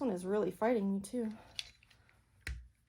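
Plastic parts of a Roman shade continuous clutch are pressed together by thumb, the plastic clutch component going into the clutch housing. Someone talks, a few faint ticks follow, and then a sharp snap at 2.5 s marks the part seating.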